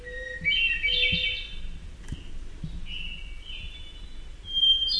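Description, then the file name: Hermit thrush song: a phrase starting on a long clear note before breaking into swirling flute-like trills, then softer phrases and the start of another at the end. "HETH song"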